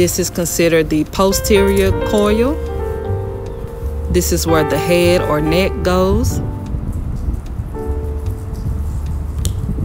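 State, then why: Seated. The anterior (top) part of a Siemens MRI head/neck coil is placed back onto its posterior coil base and snaps into place. Someone talks over music for most of the clip, then a single sharp, loud snap is heard at 9.5 s as the anterior section seats.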